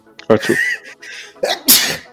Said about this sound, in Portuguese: E vou espirrar.